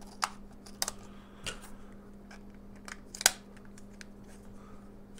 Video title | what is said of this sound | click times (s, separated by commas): $30 Quadcopter Drone from Ollie's! Deal or Dud? VistaTech | the battery cover snaps in place and it has a hole here to screw | 3.1 s, 3.2 s, 3.3 s